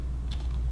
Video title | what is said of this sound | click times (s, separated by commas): DJI MAVIC unbox | twist a little bit more to the locks in place and the propeller is installed guys | 0.3 s